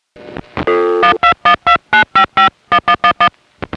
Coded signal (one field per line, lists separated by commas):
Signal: DTMF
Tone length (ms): 100 ms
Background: music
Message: 12129551111